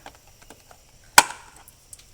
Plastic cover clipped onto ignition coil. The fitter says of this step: you'll hear it pop